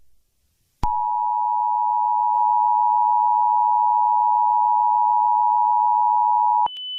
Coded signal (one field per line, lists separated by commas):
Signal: Emergency Alert System (SAME) tones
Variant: 853 and 960 Hz attention tone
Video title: EAS Scenario 7: Skibidi Toilet